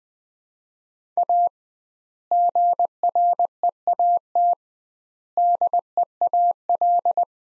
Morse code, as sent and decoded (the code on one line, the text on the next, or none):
.- / --. .-. . .- - / -.. . .- .-..
A GREAT DEAL